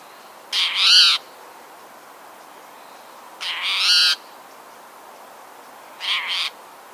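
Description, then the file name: Spotted towhee repeating a buzzy, nasal mew three times, separated by quiet gaps of about two seconds. "Pipilo maculatus - Spotted Towhee"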